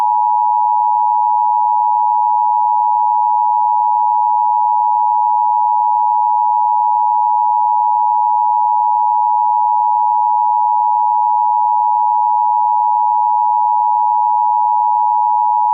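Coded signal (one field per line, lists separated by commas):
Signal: Emergency Alert System (SAME) tones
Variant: 853 and 960 Hz attention tone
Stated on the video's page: Fictional mini emergency alert scenario made in Clipchamp, not a real broadcast.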